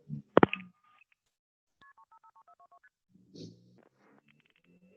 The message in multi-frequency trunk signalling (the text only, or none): KP3553422ST